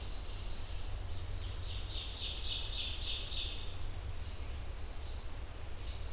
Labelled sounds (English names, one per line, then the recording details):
Ovenbird song
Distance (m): 45 m
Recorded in boreal forest in Alberta, Canada, on 30 June 2016 at 05:46
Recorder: SongMeter 3, array SBT-6-79
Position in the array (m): 48 m, 107 m
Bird 40